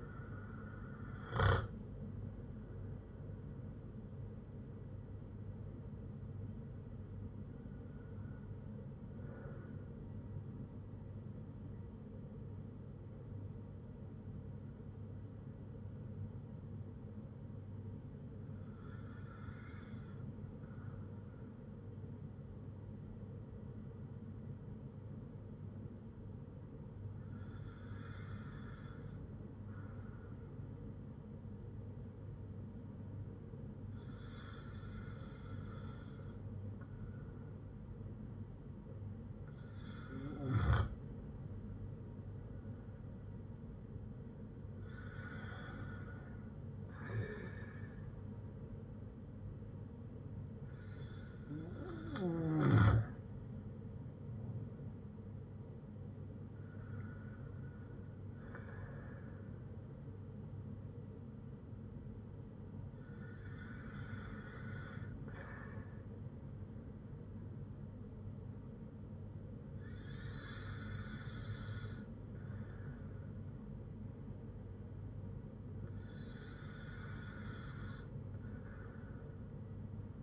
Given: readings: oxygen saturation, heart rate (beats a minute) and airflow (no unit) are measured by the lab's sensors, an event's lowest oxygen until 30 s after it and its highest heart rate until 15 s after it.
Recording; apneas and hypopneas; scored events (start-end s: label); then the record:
breathing in sleep by a smartphone at the bedside; 1
13.00-41.00 s: hypopnea (N1, oxygen 96% highest, then 93% lowest, heart rate 55 at the start, 60 highest)
55.00-80.23 s: new sleep stage, N2 (light sleep)
From the record:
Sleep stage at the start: N1 (lightest sleep); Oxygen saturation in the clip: 93 to 96%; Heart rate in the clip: 55 to 60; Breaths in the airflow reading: 12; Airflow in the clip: -5.3 to 6.2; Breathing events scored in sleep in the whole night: 182 in 7.4 hours asleep